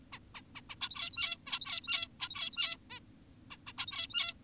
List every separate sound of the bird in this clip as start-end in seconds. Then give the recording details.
0.13-0.19, 0.35-0.42, 0.55-0.61, 0.70-0.76, 0.81-1.37, 1.47-2.08, 2.20-2.77, 2.90-3.00, 3.51-3.57, 3.67-3.73, 3.78-4.34. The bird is an adult. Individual g17y2U